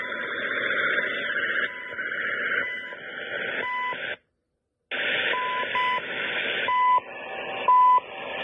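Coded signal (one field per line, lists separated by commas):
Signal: radio time signal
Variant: CHU Canada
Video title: CHU Canada Time Signal 2/17/21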